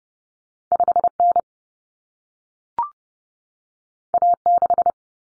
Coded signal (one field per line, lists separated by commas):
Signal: Morse code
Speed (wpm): 30 wpm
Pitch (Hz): 700 Hz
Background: none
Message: 5N A6